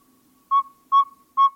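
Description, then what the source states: Northern saw-whet owl tooting: three clear, even whistled toots on one pitch, evenly spaced under half a second apart, with a faint steady hum underneath. Small owl; males give at least 11 calls, including toot-toot-toot advertising calls from late January through May; calling rate partly set by night temperature; males toot more when mice plentiful.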